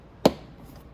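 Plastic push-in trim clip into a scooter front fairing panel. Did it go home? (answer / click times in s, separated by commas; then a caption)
yes / 0.3 s. A second plastic push-in trim clip, on the other side of a Venom Roma 50cc scooter's front fairing panel, is pressed into its hole and snaps into place. A single sharp click sounds at 0.3 s over a quiet background, and the clip is seated.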